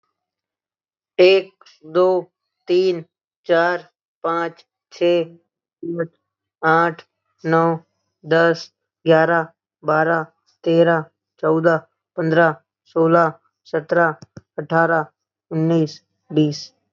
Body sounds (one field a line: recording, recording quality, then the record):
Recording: counting at a normal pace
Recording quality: excellent, no background noise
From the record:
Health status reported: exposed to COVID-19, no respiratory illness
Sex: male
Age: 22 years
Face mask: not worn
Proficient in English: yes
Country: India